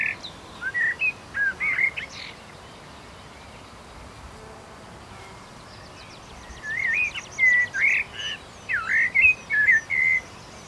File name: Turdus merula